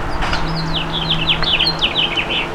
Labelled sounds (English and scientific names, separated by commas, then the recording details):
House Finch (Haemorhous mexicanus) song
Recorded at Merrick on Long Island, New York, on 17 May 2013
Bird B